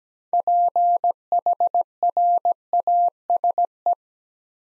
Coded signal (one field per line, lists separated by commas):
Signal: Morse code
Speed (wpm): 17 wpm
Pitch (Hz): 700 Hz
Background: none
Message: PHRASE